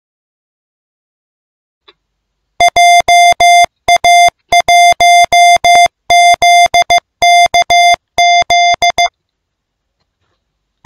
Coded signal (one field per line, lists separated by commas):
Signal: Morse code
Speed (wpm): 15 wpm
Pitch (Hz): 700 Hz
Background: music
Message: JA1ZKZ